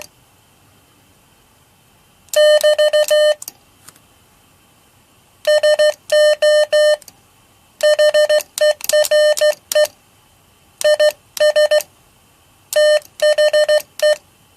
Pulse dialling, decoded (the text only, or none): none